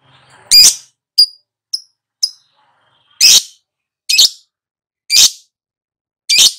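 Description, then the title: Lovebird squawking: loud harsh screeches interspersed with a few short high chirps, the screeches coming about once a second. Lure to prompt a lovebird to start singing loudly. "Pancingan Lovebird Agar Nyaut GACOR."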